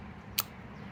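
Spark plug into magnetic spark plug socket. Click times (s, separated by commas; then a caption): 0.4 s. A spark plug slides into a sleeved magnetic spark plug socket and, once the hex lines up, snaps onto the magnet with a single sharp, bright click at 0.4 seconds over a quiet low hum. The plug is seated and held centered in the socket.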